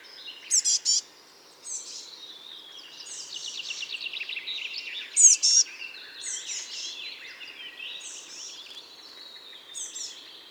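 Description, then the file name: Eurasian blue tit calls: scattered bursts of loud, buzzy notes over a long run of rapid, soft ticking chatter. "Cyanistes caeruleus"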